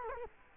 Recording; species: mosquito wingbeat signal from an infrared sensor; Culex quinquefasciatus